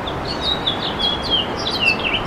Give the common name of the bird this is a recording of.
House Finch